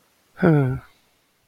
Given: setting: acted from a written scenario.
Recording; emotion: vocal sound without words; contentment